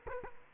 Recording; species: mosquito wingbeat signal from an infrared sensor; Culex quinquefasciatus